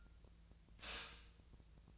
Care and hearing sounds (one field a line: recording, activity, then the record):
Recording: daily activity, microphone in the room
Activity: stop toaster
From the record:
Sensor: 2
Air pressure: 1009.2 hPa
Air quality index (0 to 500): 186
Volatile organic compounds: 11 ppm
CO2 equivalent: 2311 ppm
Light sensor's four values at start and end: 23/57/24/26 and 23/56/24/26